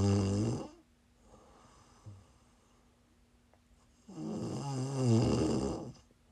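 Two loud, low, rattling snore sounds about four seconds apart from an adult sleeper, separated by quiet breathing with a faint steady hum in the room. Ordinary snoring, made as ASMR for sleep and relaxation.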